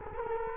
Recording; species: mosquito wingbeat signal from an infrared sensor; Culex quinquefasciatus